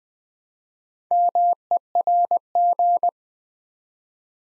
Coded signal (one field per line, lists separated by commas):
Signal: Morse code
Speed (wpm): 20 wpm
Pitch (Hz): 700 Hz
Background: none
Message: MERG